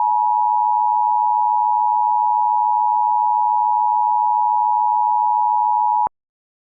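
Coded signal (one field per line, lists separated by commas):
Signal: Emergency Alert System (SAME) tones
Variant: 853 and 960 Hz attention tone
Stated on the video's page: Fictional asteroid-impact EAS scenario in analog horror style, a simulated alert.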